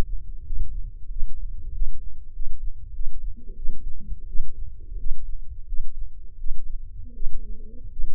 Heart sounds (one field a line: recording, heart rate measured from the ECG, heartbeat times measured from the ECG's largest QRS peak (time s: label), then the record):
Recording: heart sounds by microphone in the left ear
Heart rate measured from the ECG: 88 bpm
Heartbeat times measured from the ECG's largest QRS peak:
0.43 s: heartbeat
1.08 s: heartbeat
1.72 s: heartbeat
2.32 s: heartbeat
2.92 s: heartbeat
3.55 s: heartbeat
4.26 s: heartbeat
4.97 s: heartbeat
5.66 s: heartbeat
6.37 s: heartbeat
7.13 s: heartbeat
7.90 s: heartbeat
From the record:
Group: healthy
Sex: male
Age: 21 years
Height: 180 cm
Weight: 67.5 kg